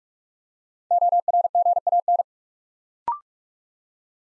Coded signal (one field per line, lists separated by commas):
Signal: Morse code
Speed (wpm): 44 wpm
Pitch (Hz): 700 Hz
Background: none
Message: ORGAN